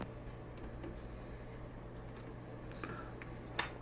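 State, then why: Seated. The lid of a Karaca vacuum sealer is closed over a bag of fresh green beans and pressed down on both sides at the same time. Faint small ticks and rustles come before a sharp, louder click at 3.6 s, when the lid latches shut onto the machine base.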